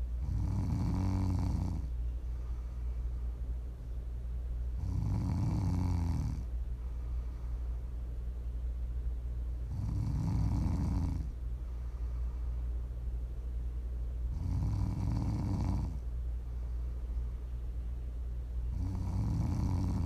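Regular low, rumbling snores about every five seconds, roughly 12 a minute, from an adult during sleep: ordinary snoring, made as ASMR for listening to sleep or relax.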